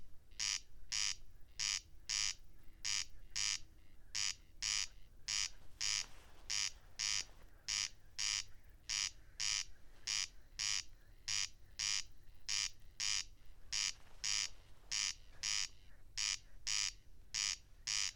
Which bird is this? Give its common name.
Corn Crake